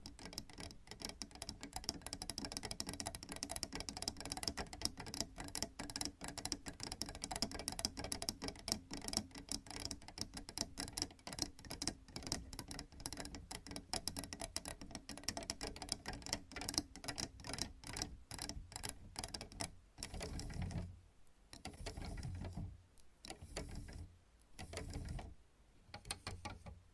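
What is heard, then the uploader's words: Long nails scratch and tap in quick, dense bursts, a crisp clicking that runs almost continuously for the first twenty seconds. After that the tapping breaks into shorter clusters with brief quiet gaps, then resumes in spurts toward the end. ASMR Sleep Triggers - Brain Melting Scratching , Tapping , Massage Long Nails No Talking.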